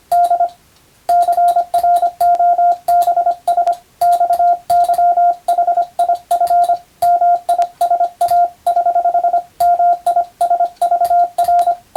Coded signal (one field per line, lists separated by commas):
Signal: Morse code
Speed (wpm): 25 wpm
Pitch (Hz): 700 Hz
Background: radio noise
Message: D CROBS XYHIF MISA <HH> MISVR